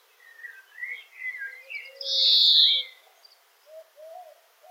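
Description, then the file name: European greenfinch giving a single buzzy, drawn-out wheeze near the middle, preceded by soft twittering notes and followed by faint low chirps. "Chloris chloris"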